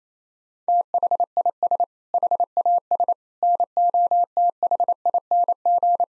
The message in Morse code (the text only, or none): THIS HAS NOTHING